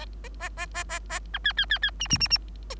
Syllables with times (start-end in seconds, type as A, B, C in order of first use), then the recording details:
0.40-0.49 A, 0.57-0.66 A, 0.74-0.84 A, 0.89-0.99 A, 1.09-1.19 A, 1.33-1.38 B, 1.44-1.53 C, 1.57-1.66 C, 1.70-1.79 C, 1.82-1.91 C, 2.00-2.08 D, 2.09-2.18 D, 2.20-2.28 D, 2.30-2.38 D, 2.70-2.75 A. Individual Bird3